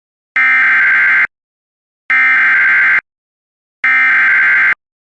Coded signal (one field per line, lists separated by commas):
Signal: Emergency Alert System (SAME) tones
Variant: header bursts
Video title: EAS Alerts From 7/18/23 (EAS #1917-1936)